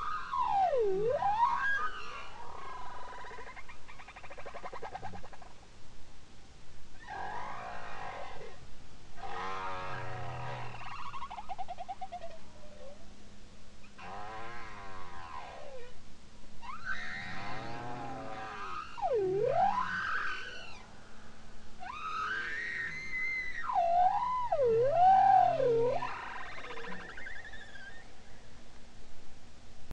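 Bowhead whales sing in a busy, overlapping chorus of swooping calls that bend down and up, with buzzy pulsed stretches and bright upper tones. Phrases come every few seconds without a break, over a low steady hum and a constant watery hiss.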